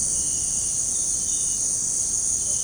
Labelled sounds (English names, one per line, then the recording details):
none
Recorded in secondary vegetation near Puerto Asís, Putumayo, Colombia, on 23 June 2025 at 18:00
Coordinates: 0.484, -76.319
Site G074